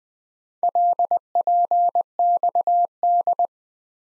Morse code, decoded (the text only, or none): LPXD